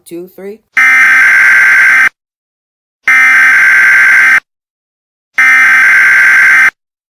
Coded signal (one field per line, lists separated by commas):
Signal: Emergency Alert System (SAME) tones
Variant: header bursts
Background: speech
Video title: Correcting EAS misinfo - The sound that threatens US national security